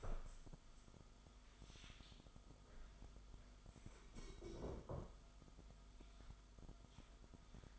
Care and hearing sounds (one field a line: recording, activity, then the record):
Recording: daily activity, microphone in the room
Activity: stand up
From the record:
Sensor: 5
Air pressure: 1005.1 hPa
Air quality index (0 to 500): 105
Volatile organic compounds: 2 ppm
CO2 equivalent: 1289 ppm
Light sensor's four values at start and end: 35/80/32/31 and 35/80/32/30